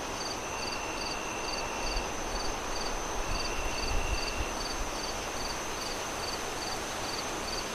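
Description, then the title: Cricket chirps repeat about twice a second with a steady high drone and an on-off lower trill; low rumbling gusts of wind swell midway. Crickets chirping on a windy night, wind howling through the trees as the moon rises high. "Relaxing Crickets Sounds On A Windy Night"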